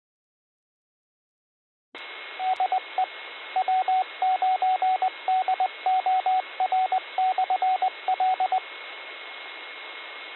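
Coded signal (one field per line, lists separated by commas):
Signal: Morse code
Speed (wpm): 20 wpm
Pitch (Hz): 750 Hz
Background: radio noise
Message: DE W9DOR/L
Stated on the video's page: Morse heard on a 147.210 MHz repeater net, received about 50 miles away with an RTL-SDR dongle on a fan dipole; static comes from the receiving setup.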